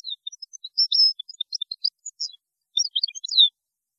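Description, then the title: European goldfinch singing a continuous run of high, thin chirps and twitters with quick slurred notes, a brief pause, then more tinkling notes. "Chant Chardonneret"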